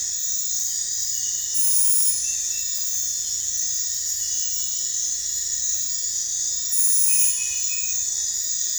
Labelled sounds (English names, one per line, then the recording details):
none
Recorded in dense forest near Puerto Asís, Putumayo, Colombia, on 21 December 2024 at 00:30
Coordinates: 0.468, -76.322
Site G071